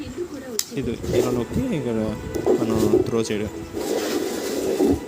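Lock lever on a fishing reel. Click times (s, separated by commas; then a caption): 0.6 s. The lock lever on a new spinning fishing reel, a metal and plastic mechanism, is worked by hand and locks into place with a sharp, short click at 0.6 s. Someone talks throughout, before and after the click.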